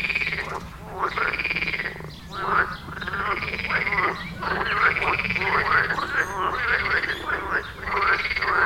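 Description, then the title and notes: Many frogs croaking together, a continuous stream of buzzy, rolling calls with rhythmic pulsing and occasional longer arched notes. Frog chorus at the village pond in Wohlsborn, Germany; recorded with a TASCAM DR-40X. "Wohlsborn, Deutschland - Froschkonzert. Frog concert. Froschkonzert am Dorfteich in Wohlsborn"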